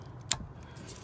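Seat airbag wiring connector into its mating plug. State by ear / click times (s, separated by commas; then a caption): seated / 0.3 s. A plastic airbag wire connector from a seat being reinstalled in a Toyota Tacoma is pushed into its mating plug. A single sharp, bright click sounds at 0.3 s, clearly louder than the low background hum. The connector is seated.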